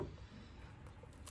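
On a V6 Charger, a lock tab on a plastic electrical connector at an ignition coil pack is pushed up to unplug it. Over a low steady rumble, faint ticks come at about 0.9 and 1.1 s before a sharp click at 1.3 s. The connector clicks open and pops out, released.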